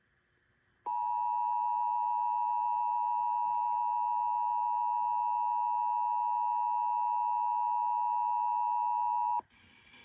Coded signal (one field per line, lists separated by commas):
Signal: Emergency Alert System (SAME) tones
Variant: 853 and 960 Hz attention tone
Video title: Child Abduction Emergency caught on 11/8/24 |EAS #161 (READ DESCRIPTION)